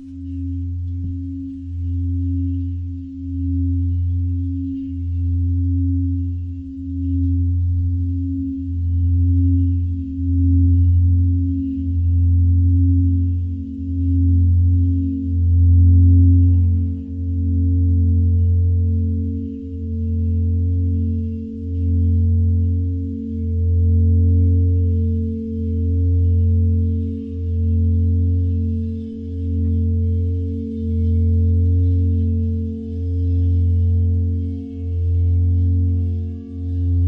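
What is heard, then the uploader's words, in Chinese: Crystal singing bowl music: a deep, steady hum pulsing in slow regular swells about every second and a half, with a softer higher ring above. 水晶钵音乐。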